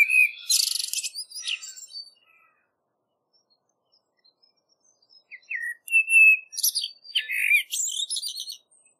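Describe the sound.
Common blackbird song opening with a high scratchy twitter, then a long silence before a new phrase of fluty notes mixed with squeaky high twittering.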